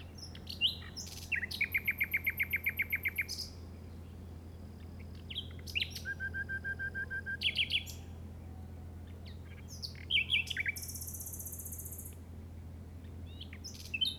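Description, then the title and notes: Common nightingale delivering phrases of fast repeated notes, a high sustained buzzy trill and crisp chips, separated by short silences, over low steady hum. In the Llobregat Delta at 06:00 on 8 May 2015, recorded with a Zoom recorder. "Grabación de ruiseñor común (Luscinia megarhynchos) en el Delta del Llobregat a las 06:00 del 08/05/2015."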